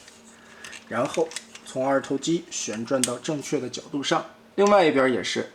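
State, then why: Seated. A stack of plastic panels with clips inside the body of a black Transformers MPM12N Optimus Prime transforming robot figure is pressed down and clipped together. A single short click sounds at 0.6 s as the panel clips snap shut and seat, and someone talks throughout.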